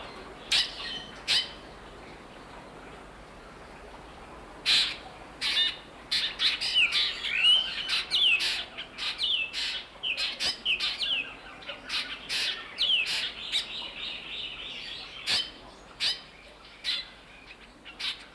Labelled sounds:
Black Drongo (Dicrurus macrocercus)
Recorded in captivity
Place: Zoo Berlin, Berlin, DE
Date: 1992-07-11 10:40
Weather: bedeckt, z.T. Regen, 17-22°C
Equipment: Marantz CP 430, Sennheiser ME 80, Kopie Tesla B 116
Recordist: Tembrock, Günter

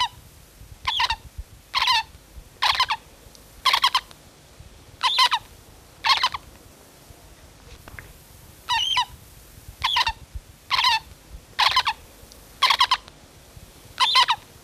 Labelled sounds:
Spectacled Owl (Pulsatrix perspicillata) call
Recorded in captivity
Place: Zoo Hannover, Niedersachsen, DE
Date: 1974-02-26
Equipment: Halbspur, 9,5 cm/s
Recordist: Lütgens, Hans
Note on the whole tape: Beim Füttern

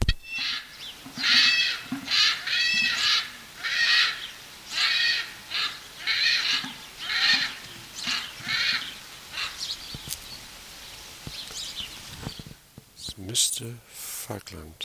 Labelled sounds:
Wapiti (Cervus canadensis) call
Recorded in captivity
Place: Tierpark Berlin, Berlin, DE
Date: 1983-10-01 11:25
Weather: sunny, 3-10 °C, light winds
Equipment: Nagra SN, Kopie Uher 4000 Report Monitor
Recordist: Tembrock, Günter

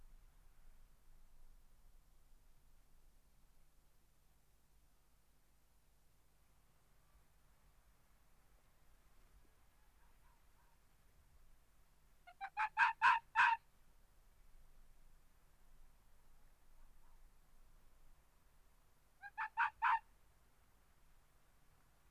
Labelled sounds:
Arctic Fox (Vulpes lagopus)
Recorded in the wild
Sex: female
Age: adult
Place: Insel Mednyi, Kommandeur-Inseln, RU
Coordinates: 54.5167, 168.083
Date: 1999-06-25 19:20
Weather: bewölkt, kein Nebel, 4°C, schwacher Wind
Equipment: Sony WM-D6C, Sennheiser MKH 70, Windkorb, Kopie Tascam DA 30
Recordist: Frommolt, Karl-Heinz
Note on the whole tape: Südosten der Insel, an Hütten: vier Bellstrophen von Polarfuchsfähe links Weiß/Weiß 31. Das Tier äußert die Bellstrophen vor der Höhle unter dem Schuppen, läuft dann zur Steilküste. Entfernung ca. 30 m. Achtung Kopiereffekte

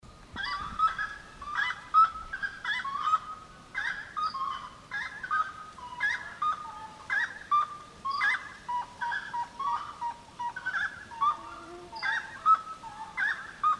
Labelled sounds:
Gray-cowled Wood-Rail (Aramides cajaneus) call
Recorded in the wild
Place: Pirenopolis, Goias, BR
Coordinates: -15.8447, -48.9583
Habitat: savannah
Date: 2013-09-10
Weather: 20°C,clear night, weak wind
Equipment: Olympus LS-3, Olympus ME31
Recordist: Frommolt, Karl-Heinz
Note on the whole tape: Hotelanlage Pousada dos Pirineus: Rufe. Tiere nicht gesehen. Noch komplett dunkel

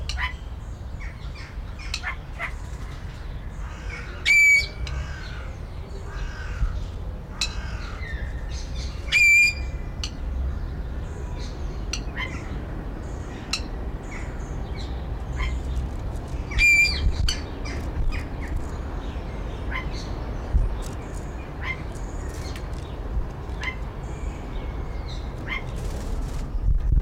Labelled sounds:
Golden Myna (Mino anais) call
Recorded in captivity
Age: adult
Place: Zoo Berlin, Berlin, DE
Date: 1993-03-20 10:47
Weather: 5-8 ° C, böiger Wind
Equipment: Marantz CP 430, Sennheiser ME 80, Kopie Uher Variocord 263
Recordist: Tembrock, Günter

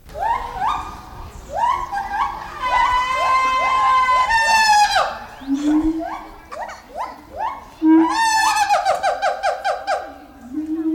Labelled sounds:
Siamang (Symphalangus syndactylus) call
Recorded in captivity
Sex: male
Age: subadult
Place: Zoo Berlin, Berlin, DE
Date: 1996-03-23 12:02
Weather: heiter, 4°C
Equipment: Sony WM-D6C, Sennheiser ME 80, Kopie Uher 4000 Report Monitor
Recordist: Tembrock, Günter

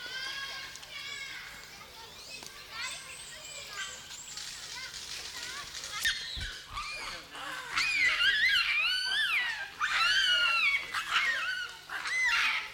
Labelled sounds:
Hamadryas Baboon (Papio hamadryas)
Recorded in captivity
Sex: diverse
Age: diverse
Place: Zoo Augsburg, Bayern, DE
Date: 1993-09-04 12:18
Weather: 14 °C, bedeckt
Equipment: Marantz CP 430, Sennheiser MKH 416 T, Kopie Uher Variocord 263
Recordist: Tembrock, Günter
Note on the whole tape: Gruppe, agonistisch, speziell periphere Männchen gegen dominante; verschiedene Lautformen, speziell Langlaute

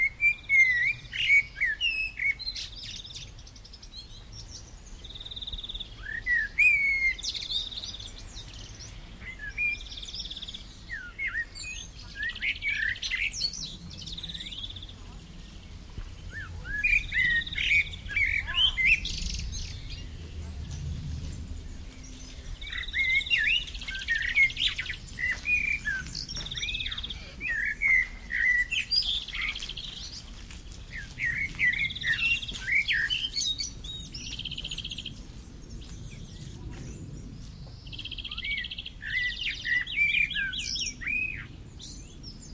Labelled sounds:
Common Blackbird (Turdus merula) song
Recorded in the wild
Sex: male
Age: adult
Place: Töplitz, Brandenburg, DE
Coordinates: 52.4333, 12.9
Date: 1996-06-15 14:33
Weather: cloudy, 16°C
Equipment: Sony MD-WM MZ-R3, Sennheiser MKH 416 T, Kopie Uher 4000 Report Monitor
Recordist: Tembrock, Günter

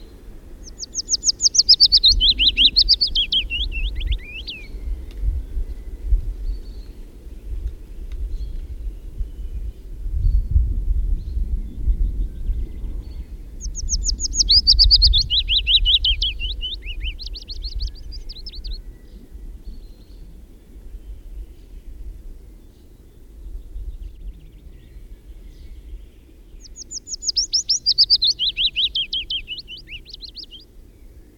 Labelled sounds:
Willow Warbler (Phylloscopus trochilus) song
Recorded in the wild
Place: Serrahn, Mecklenburg-Vorpommern, DE
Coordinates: 53.344, 13.204
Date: 1978-08-04 18:45
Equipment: Nagra III BH, Sennheiser MD 21, parabola
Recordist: Schubert, Michael

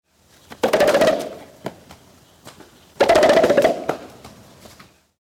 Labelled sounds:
Western Gorilla (Gorilla gorilla)
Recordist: Tembrock, Günter
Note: Männchen: Brusttrommeln im Lauf (im Graben), Geräusch von Trablauf

